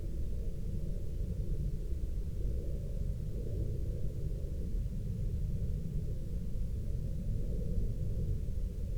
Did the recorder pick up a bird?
no